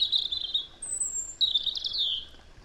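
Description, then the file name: European robin song with sweet, high warbles, a long thin whistle sliding slightly down, then a rich, trilling phrase that falls away. "Erithacus rubecula"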